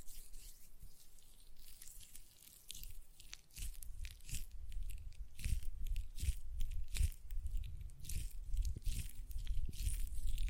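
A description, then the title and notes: Gel lotion worked between hands makes wet, crackly squelches and soft thumps, starting light and growing denser and louder after four seconds. ASMR Gel Lotion Hand Sounds (No Talking).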